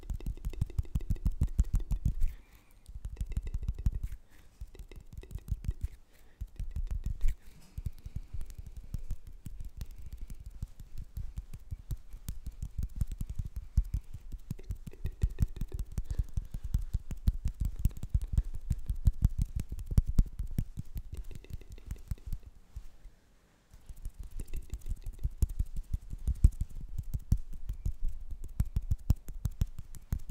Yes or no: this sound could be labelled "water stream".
no